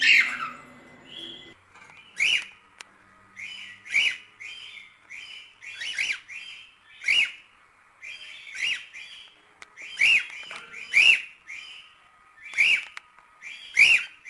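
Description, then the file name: Cockatiel giving many short whistled notes in an uneven series over a quiet background. Lutino colour form of cockatiel, singing. "canto da calopsita lutino"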